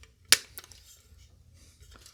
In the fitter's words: hopefully this will just snap in place